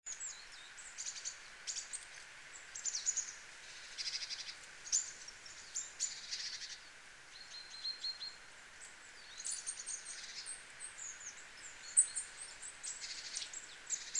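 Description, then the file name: Great tit calls, a short run of clear, evenly repeated notes partway through, set within a dense chorus of high chirps and twitters from other birds. "Parus major"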